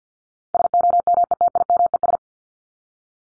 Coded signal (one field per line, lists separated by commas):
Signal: Morse code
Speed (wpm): 48 wpm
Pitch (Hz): 700 Hz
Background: none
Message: SOMETIMES